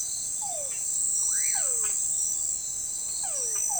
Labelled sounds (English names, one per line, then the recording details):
Common Pauraque
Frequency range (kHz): Common Pauraque 0.8-2.7 kHz
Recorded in forest near Pivijay, Magdalena, Colombia, on 18 April 2023 at 05:00
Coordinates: 10.467, -74.380
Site Z5-G034